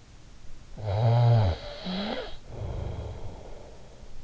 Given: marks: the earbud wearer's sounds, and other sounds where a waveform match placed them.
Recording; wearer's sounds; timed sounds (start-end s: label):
sounds in sleep by an in-ear microphone; snoring breath
0.43-4.01 s: snoring breath